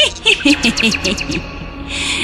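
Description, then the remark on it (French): A nightingale sings a quick run of bright, high chirping notes in rapid succession, fairly loud, then the song fades into a soft, hissy rustle toward the end. “Ce rossignol m'appartient désormais.”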